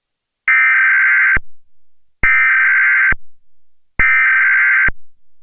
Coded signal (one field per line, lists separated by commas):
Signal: Emergency Alert System (SAME) tones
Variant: header bursts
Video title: Fake EAS #2: Reynolds style TV EAS Severe Thunderstorm Warning - 4/23/2013